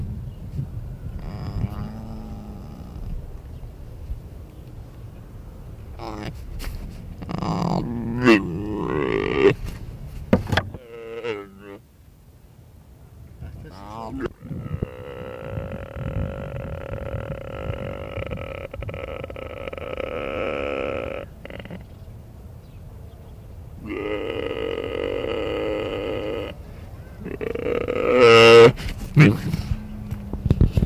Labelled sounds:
Mule Deer (Odocoileus hemionus) call
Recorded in captivity
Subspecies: hemionus
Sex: male
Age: adult
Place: Tierpark Berlin, Berlin, DE
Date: 1964-11-15 14:00
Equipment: Magnetophon 300, Transistorverstärker, Sennheiser MD 421, Kopie Smaragd
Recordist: Tembrock, Günter

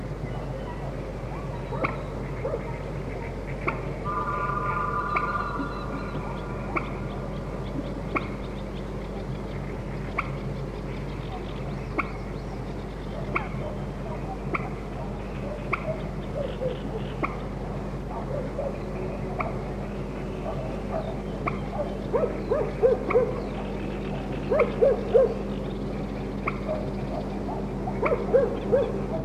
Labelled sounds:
Common Moorhen (Gallinula chloropus) call
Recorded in the wild
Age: adult
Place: Petershain, Niederlausitz, Sachsen, DE
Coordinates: 51.3208, 14.7375
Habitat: Teich
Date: 1963-05-09
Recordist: Meyer, Hugo

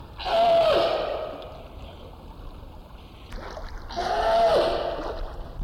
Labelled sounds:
Brown Fur Seal (Arctocephalus pusillus) call
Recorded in captivity
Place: Zoo Berlin, Berlin, DE
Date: 1996-01-06 13:41
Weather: bedeckt, -4°C
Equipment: Sony WM-D6C, Sennheiser ME 80, Kopie Uher 4000 Report Monitor
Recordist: Tembrock, Günter

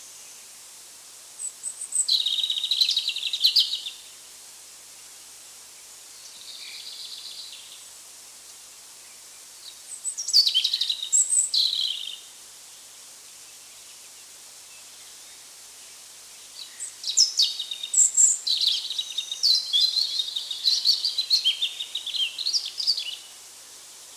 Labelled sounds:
European Robin (Erithacus rubecula) song
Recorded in the wild
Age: adult
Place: Bogensee, Barnim, Brandenburg, DE
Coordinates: 52.7714, 13.5294
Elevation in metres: 60
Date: 2003-05-11 14:09
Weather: sunny, 22°C
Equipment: Nagra SN, Kopie Uher 4000 Report Monitor
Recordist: Tembrock, Günter

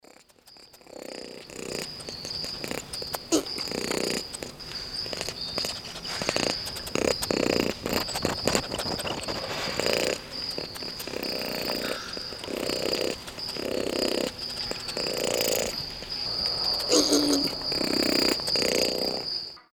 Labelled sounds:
Ring-tailed Lemur (Lemur catta)
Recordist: Tembrock, Günter
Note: Kontaktlaute

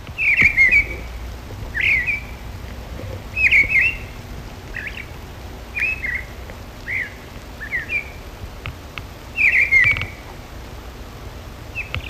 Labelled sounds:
Mistle Thrush (Turdus viscivorus) song
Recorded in the wild
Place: Knoten, DE
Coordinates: 50.6033, 8.1675
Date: 1964-03-30 17:45
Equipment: Uher Report 4000, AKG D190
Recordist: Krey, Winfried

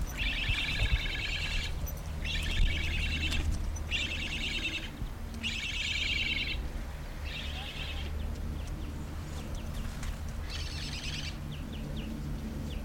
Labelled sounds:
Black Stork (Ciconia nigra)
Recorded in captivity
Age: juvenile
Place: Vogelpark Bad Rothenfelde, Niedersachsen, DE
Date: 1991-09-16 15:08
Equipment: Marantz, Sennheiser ME 80, Kopie Tesla B 116
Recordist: Tembrock, Günter
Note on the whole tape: Lautfolgen von diesjährigem wohl auf Menschen geprägten Vogel

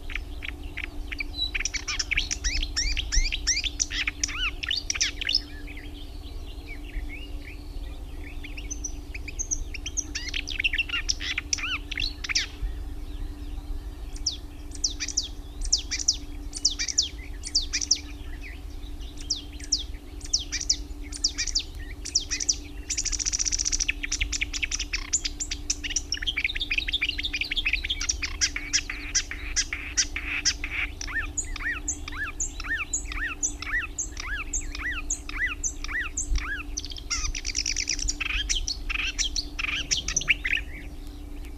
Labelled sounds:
Marsh Warbler (Acrocephalus palustris) song
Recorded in the wild
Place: Anhauser Weiher, DE
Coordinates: 48.8458, 10.6578
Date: 1970-06-06
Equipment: Uher Report 4200, AKG D190C in Doppel-Parabolreflektor
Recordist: Krey, Winfried

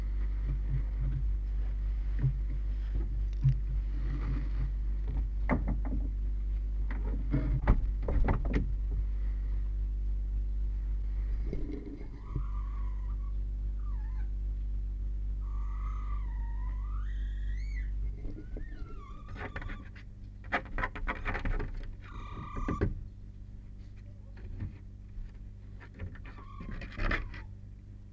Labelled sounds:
Red Fox (Vulpes vulpes)
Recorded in captivity
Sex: diverse
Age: juvenile
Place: Zoologisches Institut der HUB, Berlin, DE
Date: 1958-06-28
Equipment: Smaragd
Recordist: Tembrock, Günter
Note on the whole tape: Welpen (Beobachter hinter Zwischentür - mehrfach wiederholt). Jean: winselt, wenn getrennt, auch Muffwinseln und Muffen, wenn Tür offen und er zum Beobachter; Jenny: winselt anfangs ebenfalls hinter der Tür (hell und mit Crescendo); Jean:scharrt an der Tür. Nicht geschnitten

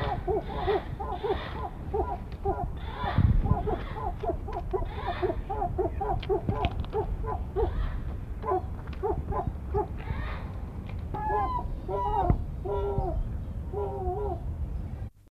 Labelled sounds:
European Herring Gull (Larus argentatus) call
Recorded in captivity
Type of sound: call
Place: Zoo Osnabrück, Niedersachsen, DE
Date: 1981-08-31
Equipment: Halbspur, 9,5 cm/s
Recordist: Lütgens, Hans
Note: Ein Paar sitzt eng zusammen

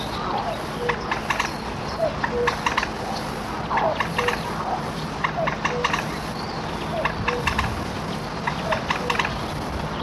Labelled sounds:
Common Moorhen (Gallinula chloropus)
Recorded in the wild
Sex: male
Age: adult
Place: Halle, Sachsen-Anhalt, DE
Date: 1963-06-16
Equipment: Optacord 412, LDM 2
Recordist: Stiefel, Arnd

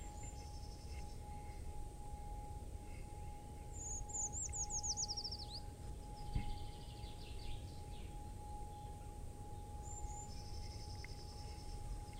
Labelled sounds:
Eurasian Treecreeper (Certhia familiaris) song
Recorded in the wild
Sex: diverse
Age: adult
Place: Freiburg, Baden-Württemberg, DE
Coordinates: 48.0333, 7.82472
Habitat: Schonung
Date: 1960-03-25
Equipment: Maihak MMK 4, Sennheiser MD 82
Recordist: Thielcke, Gerhard

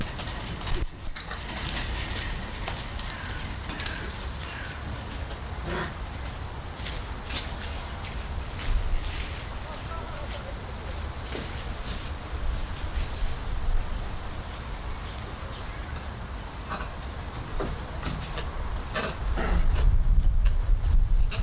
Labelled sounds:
Bonnet Macaque (Macaca radiata) call
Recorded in captivity
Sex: male
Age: diverse
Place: Tierpark Carl Hagenbeck, Hamburg, DE
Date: 1998-10-31 12:51
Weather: 8°C, bedeckt z.T. Regen, Wind
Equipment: Sony MD-WM MZ-R3, Sennheiser MKH 416 T, Kopie Uher 4000 Report Monitor
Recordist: Tembrock, Günter
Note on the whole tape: Juveniles und subadultes Männchen: Laute bei agonistischem Verfolgungsspiel. Teilweise Mikrofonkontaktprobleme

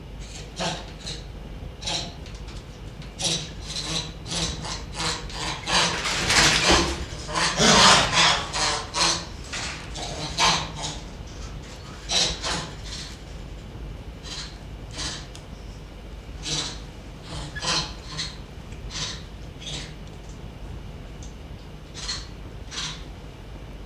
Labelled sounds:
Rhesus Monkey (Macaca mulatta)
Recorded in captivity
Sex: pair
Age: adult
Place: Zoologisches Institut der HUB, Berlin, DE
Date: 1957-03-27 10:30
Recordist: Tembrock, Günter

